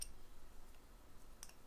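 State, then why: Not seated. A steel rivet set is handled near the retainer of a shop-built C-frame riveter, with a brief sharp tick at the very start and another at about 1.4 s over quiet low background noise. Nothing has seated or clicked into the retainer yet.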